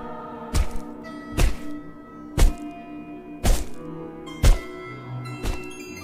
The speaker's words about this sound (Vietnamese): Sau cùng, mụ hì hục, mắm môi mắm lợi mà chặt một cái gì đó cồm cộp.